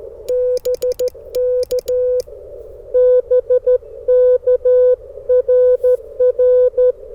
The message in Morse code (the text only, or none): BK BK RR